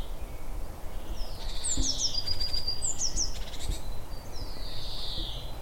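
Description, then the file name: Eurasian nuthatch calls: falling whistled slurs mixed with a few sharp high notes and a thin level note, over constant low background noise. "Sitta europaea"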